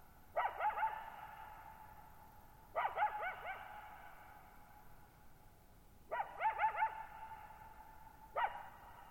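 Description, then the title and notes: Coyote calling in four bouts of quick wavering yips and barks, a few seconds apart, each followed by a lingering echo in an otherwise quiet setting. Lone coyote at night, July 14, 2019, Thirtymile Meadows, Okanogan National Forest, Okanogan High Country, 6400 ft; dry high plateau, bowl-shaped meadow, boggy ground burbling, very quiet, highly reverberant. "Lone Coyote at Thirtymile Meadows. I spent the night of July 14, 2019, camped near Thirtymile Meadows in the Okanogan National Forest at 6400 ft (1950 m)"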